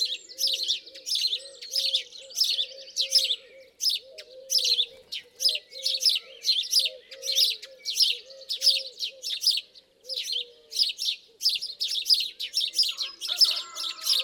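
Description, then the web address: House sparrow giving loud, buzzy chirps in quick succession, fairly continuous, with a low wavering cooing sound underneath and a brief whistled note near the end. "SETE data Passer domesticus"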